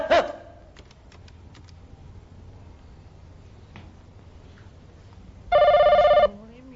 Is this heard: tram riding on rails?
no